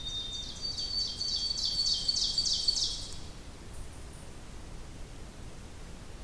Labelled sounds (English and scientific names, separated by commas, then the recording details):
Ovenbird (Seiurus aurocapilla) song
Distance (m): 40 m
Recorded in boreal forest in Alberta, Canada, on 2 June 2016 at 06:25
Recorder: SongMeter 3, array SBT-3-7
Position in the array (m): 241 m, 140 m
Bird 8